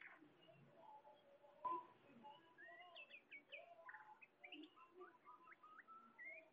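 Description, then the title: Bird song, fairly soft, a stream of short whistled slurs and chirps at varying pitch over steady background hiss. "SuaraBurung Kicau"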